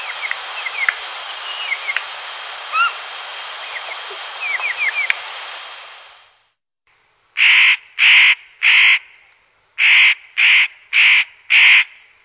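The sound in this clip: Bird giving harsh, cawing calls: seven loud, evenly spaced caws in two groups, after six seconds of hissing background with faint high chirps.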